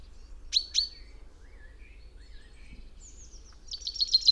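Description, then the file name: Common chaffinch: a pair of sharp bright call notes, some faint thin calls, then a quick series of repeated song notes starting at the close. "Fringilla coelebs"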